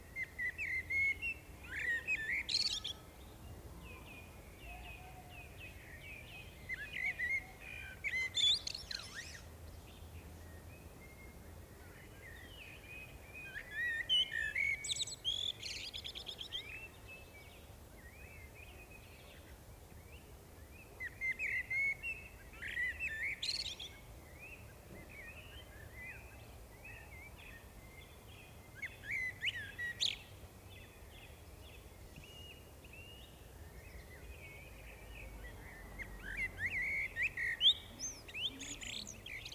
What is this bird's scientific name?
Turdus merula